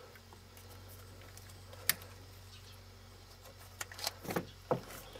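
A 3D-printed release tool is pushed into the quick-disconnect fitting on a fuel line so the line can be pulled off the metal fuel tube. A sharp snap at 1.9 s marks the line popping off, then several smaller knocks and rattles follow between about 3.8 and 4.7 s. The fuel line is released from the tube.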